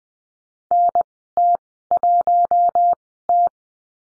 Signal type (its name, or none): Morse code